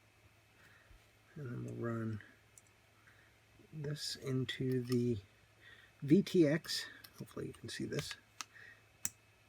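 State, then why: Seated. After someone talks, two crisp clicks at 8.4 and 9.1 seconds mark a small connector snapping home.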